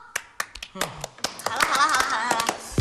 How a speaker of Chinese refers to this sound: 下面由我们敬爱的莫掌柜发言，热烈鼓掌！